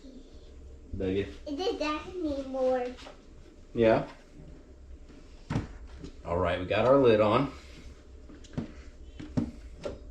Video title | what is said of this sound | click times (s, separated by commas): BELL MATIC POULTRY WATERER FROM KUHL | think it would be like a snap in place but it's not | none